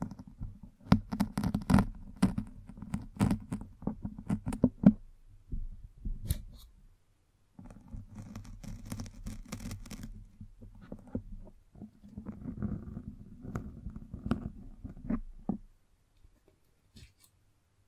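Brushing and scratching against a microphone, heavy low rumbling scrapes with sharp clicks and thumps scattered through. Bursts run to about five seconds, then again from roughly eight to ten and twelve to fifteen, with short silent gaps between and sparse taps near the end.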